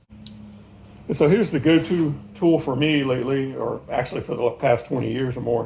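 A quick-connect handle adapter is pulled out of the bit holder on a tripod pan/tilt handle after the sliding collar is drawn back, giving a single sharp click at 0.3 s as it releases. Someone then talks.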